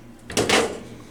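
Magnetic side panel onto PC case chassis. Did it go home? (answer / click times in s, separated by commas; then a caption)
yes / 0.3 s, 0.4 s. A magnetic side panel of a DeepCool MACUBE 310 PC case is pushed back onto the chassis. It snaps on at 0.3 s and 0.4 s, attaching by magnets rather than latching into place. The panel is seated and stays on well.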